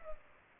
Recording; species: mosquito wingbeat signal from an infrared sensor; Culex pipiens